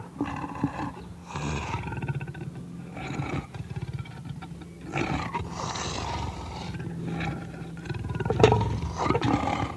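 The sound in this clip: Leopard rasps in spaced bursts, rough grunting strokes with quiet gaps, ending in a louder, sharper growl.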